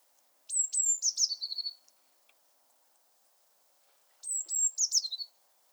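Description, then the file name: Eurasian blue tit calls: two phrases, each a high piping start sliding into a rapid descending stuttered trill, nearly four seconds apart. "Cyanistes caeruleus"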